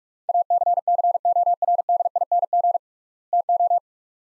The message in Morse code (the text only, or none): ACCORDING TO